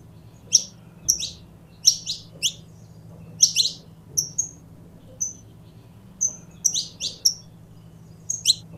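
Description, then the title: Belgian canary chirping with sharp, high notes in short bursts and a few thin whistled tones, irregularly spaced, over a steady low hum. Purebred Belgian canary song. "Canto Do Canário Belga Puro"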